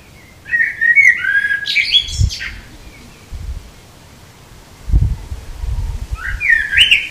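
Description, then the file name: Common blackbird song: a mellow whistled phrase with squeaky high ending, then another phrase beginning, with a few dull low thuds between. "Turdus merula"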